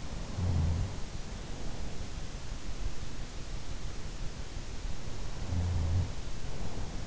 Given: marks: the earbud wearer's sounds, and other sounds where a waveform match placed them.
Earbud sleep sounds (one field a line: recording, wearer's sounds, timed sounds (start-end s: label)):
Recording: sounds in sleep by an in-ear microphone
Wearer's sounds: snoring breath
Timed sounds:
0.00-1.48 s: snoring breath
5.31-6.57 s: snoring breath